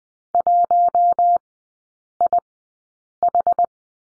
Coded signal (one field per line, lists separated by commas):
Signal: Morse code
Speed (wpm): 20 wpm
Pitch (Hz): 700 Hz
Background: none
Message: 1IH